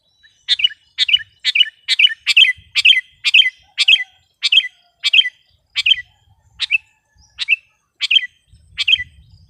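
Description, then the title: Sooty-headed bulbul song, short chirpy bubbling phrases repeated about twice a second, with quiet low noise near the end. "kutilang"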